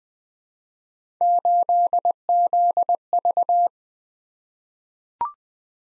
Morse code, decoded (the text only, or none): 8ZV